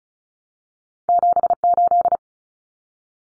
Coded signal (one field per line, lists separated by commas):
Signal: Morse code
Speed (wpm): 34 wpm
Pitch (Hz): 700 Hz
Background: none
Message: 78